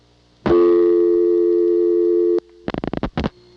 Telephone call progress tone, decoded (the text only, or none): dial tone